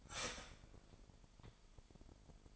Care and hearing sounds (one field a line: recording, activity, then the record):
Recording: daily activity, microphone in the room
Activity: start toaster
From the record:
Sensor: 5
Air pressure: 1002.1 hPa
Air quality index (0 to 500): 209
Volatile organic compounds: 21 ppm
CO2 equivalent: 2712 ppm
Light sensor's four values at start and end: 33/107/40/43 and 33/107/41/43